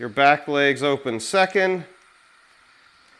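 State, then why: Not seated. The rear folding arms of an Autel Evo II consumer drone are being handled, swung open toward their open-position detent on the drone body. Someone talks for the first two seconds, then only a faint steady background hum remains. Nothing has seated or clicked yet.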